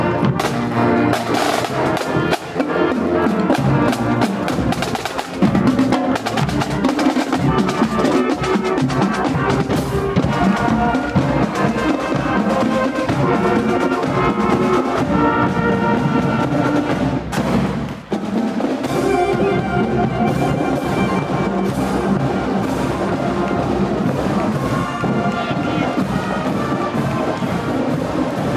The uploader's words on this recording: Listen to the soundscape of the Memorial Day parade on College Ave in Downtown Appleton.